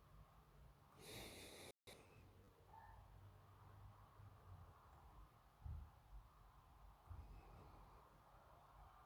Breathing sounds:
nose breathing near a microphone
0.00-0.79 s: inhalation
0.79-2.56 s: exhalation
4.81-6.95 s: inhalation
6.95-9.05 s: exhalation
From the record:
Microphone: phone

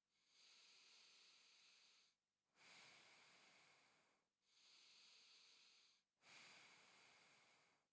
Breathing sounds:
nose breathing near a microphone
0.13-2.28 s: inhalation
2.28-4.23 s: exhalation
4.23-6.03 s: inhalation
6.03-7.93 s: exhalation
From the record:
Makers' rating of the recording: medium

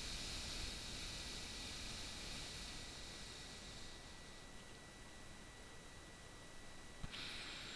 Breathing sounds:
nose breathing near a microphone
0.00-4.61 s: exhalation
7.05-7.76 s: inhalation
From the record:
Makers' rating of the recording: bad

